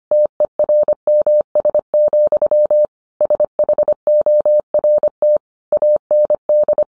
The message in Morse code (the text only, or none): TERMS, SHORT AND